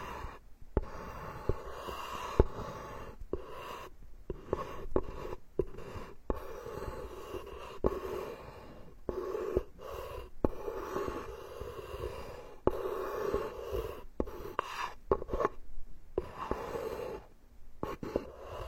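Wooden tools rub and knead against the scalp in soft, continuous scratchy strokes, with a mid-pitched rasp that swells and eases. Brief silent gaps break the rubbing every second or so, and occasional light clicks mark the strokes.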